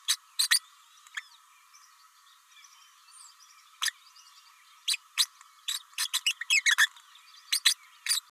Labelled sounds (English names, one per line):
Green-rumped Parrotlet babbling